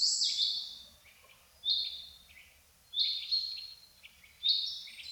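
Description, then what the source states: Birds singing, high bright phrases that start with a whistle and drop into short chirps, repeated roughly every one and a half seconds, with quiet gaps between them. Birds singing in a forest in the morning.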